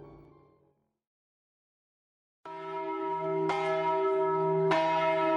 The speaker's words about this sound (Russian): На рассвете загудели все тбилисские колокола, сливаясь в один медный вопль.